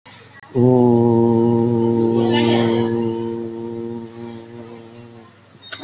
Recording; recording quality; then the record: sustained vowel as in boot; excellent, no background noise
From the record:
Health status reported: respiratory illness, not identified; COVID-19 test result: negative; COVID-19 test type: RT-PCR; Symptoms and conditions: cough, cold, breathing difficulty, fever, asthma, chronic lung disease, another respiratory illness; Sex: male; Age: 51 years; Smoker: no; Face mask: not worn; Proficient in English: no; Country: India